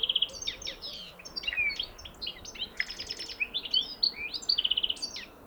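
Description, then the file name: European goldfinch singing a continuous, rapid twittering medley of sharp chirps, slurred notes and brief buzzy trills. "Carduelis carduelis"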